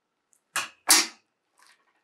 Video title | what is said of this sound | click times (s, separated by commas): Hielscher Ultrasonics UP200St Mixer Assembly and Disassembly of Sonotrode / Horn | you should hear a pop | 0.6 s